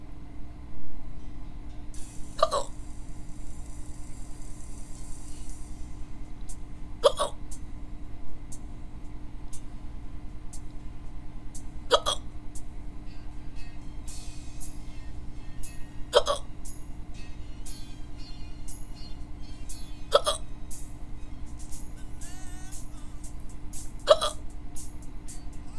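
An adult hiccupping: six sharp, regular hiccups, about one every four seconds, against a steady low background hum.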